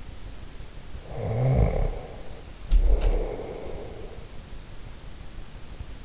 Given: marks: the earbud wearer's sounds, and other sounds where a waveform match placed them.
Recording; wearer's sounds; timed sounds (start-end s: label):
sounds in sleep by an in-ear microphone; snoring breath
0.97-4.09 s: snoring breath